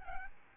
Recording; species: mosquito wingbeat signal from an infrared sensor; Aedes albopictus